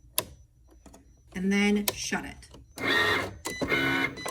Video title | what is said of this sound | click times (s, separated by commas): Turkey-tastic Centerpiece: Cricut Design Space Tutorial | just open it up slide that in it will click into place | 0.2 s